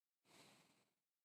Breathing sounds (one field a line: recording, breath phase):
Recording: one breath near a microphone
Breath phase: exhalation